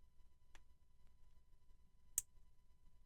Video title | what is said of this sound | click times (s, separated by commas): Armory Craft P320 Action Tuning Kit installation video | until it falls off the edge of that lever and it'll go right up underneath it okay you'll actually kind of hear it click | 2.2 s